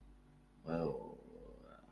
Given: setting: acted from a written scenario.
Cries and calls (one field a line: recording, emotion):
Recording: vocal sound without words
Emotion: awe